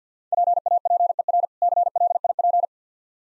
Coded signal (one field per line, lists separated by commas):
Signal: Morse code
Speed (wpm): 50 wpm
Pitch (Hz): 700 Hz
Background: none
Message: PAPER CLIP